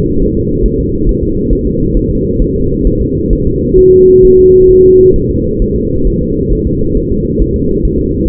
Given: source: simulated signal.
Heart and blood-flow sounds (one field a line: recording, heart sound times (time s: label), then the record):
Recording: fetal heart sounds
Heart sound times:
0.22 s: S1
0.37 s: S2
0.66 s: S1
0.80 s: S2
1.09 s: S1
1.23 s: S2
1.53 s: S1
1.67 s: S2
1.97 s: S1
2.11 s: S2
2.42 s: S1
2.56 s: S2
2.87 s: S1
3.01 s: S2
3.33 s: S1
3.47 s: S2
3.79 s: S1
3.93 s: S2
4.25 s: S1
4.39 s: S2
4.71 s: S1
4.85 s: S2
5.16 s: S1
5.31 s: S2
5.62 s: S1
5.76 s: S2
6.07 s: S1
6.22 s: S2
6.53 s: S1
6.67 s: S2
6.97 s: S1
7.12 s: S2
7.41 s: S1
7.56 s: S2
7.85 s: S1
8.00 s: S2
8.28 s: S1
From the record:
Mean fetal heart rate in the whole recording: 135 bpm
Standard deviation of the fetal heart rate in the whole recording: 3 bpm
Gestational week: 36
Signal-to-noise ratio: -15.3 dB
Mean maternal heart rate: 72 bpm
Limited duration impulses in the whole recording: present